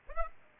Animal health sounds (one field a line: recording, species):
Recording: mosquito wingbeat signal from an infrared sensor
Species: Aedes aegypti